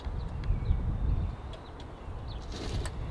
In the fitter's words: Once you've hit that little click, that's it all in place.